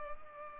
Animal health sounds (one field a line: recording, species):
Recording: mosquito wingbeat signal from an infrared sensor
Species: Culex pipiens